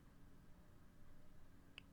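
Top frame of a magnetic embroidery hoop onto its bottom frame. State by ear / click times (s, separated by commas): seated / 1.8 s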